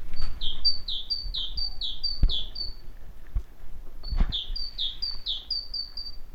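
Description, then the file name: Great tit song in two runs of rapid two-note phrases, high then falling, with a few low thumps and clicks in the background. "Parus major"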